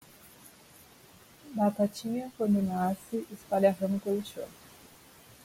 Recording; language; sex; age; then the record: short text; Brazilian Portuguese; female; 30 to 39 years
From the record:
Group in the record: control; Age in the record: 34 years